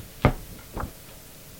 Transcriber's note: turns pages